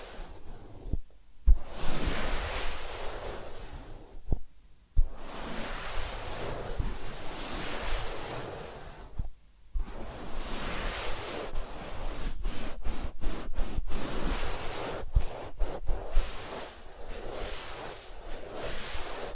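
Soft brushing and rubbing sounds, like a massage or ear cleaning, come in long swishing passes separated by brief silences near 1, 4.5 and 9.5 seconds. From about 12 to 16 seconds the strokes break into quick, regular rustling taps.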